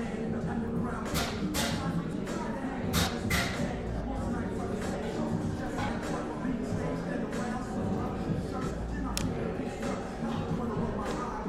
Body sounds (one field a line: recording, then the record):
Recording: background sound without coughing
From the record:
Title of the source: 60 minutes of coffee shop sounds for study and concentration